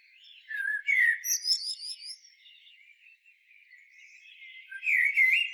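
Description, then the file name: Common blackbird: a short mellow warble with high, thin squeaky notes, then a quiet spell and the start of another fluted phrase. "Turdus merula"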